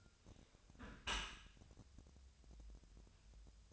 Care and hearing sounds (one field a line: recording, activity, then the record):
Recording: daily activity, microphone in the room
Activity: close dishwasher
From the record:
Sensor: 2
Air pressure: 1006.8 hPa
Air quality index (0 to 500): 200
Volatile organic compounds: 14 ppm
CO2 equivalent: 2453 ppm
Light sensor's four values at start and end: 9/22/9/9 and 9/22/9/9